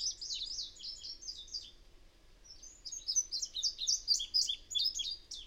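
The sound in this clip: Bird song: fast, high-pitched twittering notes pour out in a jumbled run, dipping in the middle then growing louder and busier toward the end.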